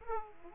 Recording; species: mosquito wingbeat signal from an infrared sensor; Aedes aegypti